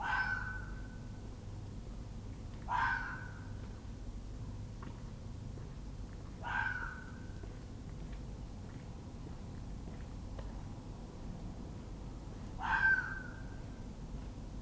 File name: Fox Cry